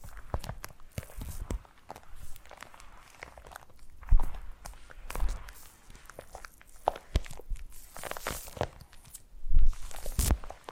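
Foam massage: irregular squeaky rubbing and soft crunching strokes, with louder bursts near four and ten seconds and quieter stretches between.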